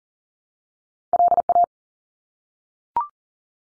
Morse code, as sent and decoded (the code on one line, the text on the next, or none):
.-.. .-
LA